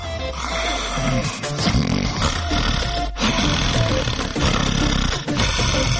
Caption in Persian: یا مثلا یه وقتای آدم گلو درد داره. اینجور خروپف هم الان خیلی آزاردهنده نیستن، اگه باش مواجه شدید میتونید با یه سقلمه حرکتی چیزی شخص خورخورو رو وادار کنید یه پهلو به پهلوی بشه، مشکل به احتمال زیاد. حل میشه.